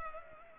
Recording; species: mosquito wingbeat signal from an infrared sensor; Culex pipiens